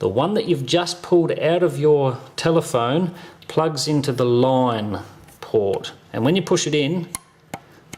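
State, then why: Seated. An RJ11 telephone cord plug is pushed into the plastic "line" port on the back of a smart dialler while someone talks. A sharp click at 7.5 s marks the plug seating in the port, followed by a second brief tick at 7.9 s.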